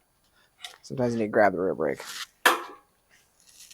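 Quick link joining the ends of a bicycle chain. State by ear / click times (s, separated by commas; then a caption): seated / 2.5 s. A steel quick link joining the ends of a bicycle chain is pulled shut by stepping hard on the crank while holding the rear brake. Someone talks, then a sharp, loud snap rings out at 2.5 s as the quick link seats into place.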